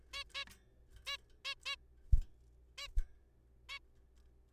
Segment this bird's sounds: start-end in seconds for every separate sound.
0.14-0.23, 0.35-0.44, 1.07-1.16, 1.45-1.54, 1.66-1.75, 2.78-2.87, 3.69-3.78